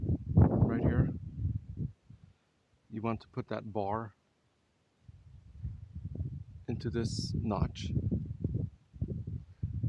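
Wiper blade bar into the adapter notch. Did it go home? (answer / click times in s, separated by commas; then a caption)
yes / 8.4 s. The metal bar on a replacement wiper blade for a Winnebago Solis / Ram Promaster van is set into the notch of the plastic adapter by hand, with no tools. Someone talks throughout, and a sharp snap at 8.5 s marks the bar seating in the adapter notch.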